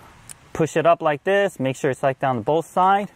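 A gray plastic locking clip is pushed up into place on a radio wiring harness connector in a 2013-2017 Lexus LS during a smartphone mirroring install, giving a single sharp click at 0.3 s. Someone talks through the rest of the clip as the clip is checked to sit down on both sides. The clip is seated.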